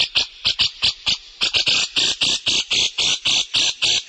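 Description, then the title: Grey-cheeked bulbul delivering quick, uneven harsh chatter, the notes lengthening into broader buzzy rasps in the second half. Compilation used as masteran, a song-tutoring recording for training white-rumped shama, magpie robin and greater green leafbird. "cucak jenggot untuk kacer murai cucak hijau masteran kompilasi"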